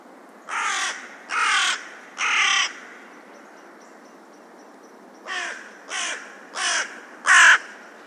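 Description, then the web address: Bird giving harsh, hoarse caws, three in a quick run, a pause, then four more, the last the loudest. "cianscape. Deverinetal. Bird Only"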